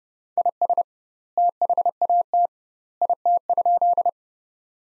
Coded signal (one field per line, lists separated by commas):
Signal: Morse code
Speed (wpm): 32 wpm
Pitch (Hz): 700 Hz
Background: none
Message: IS THAT IT?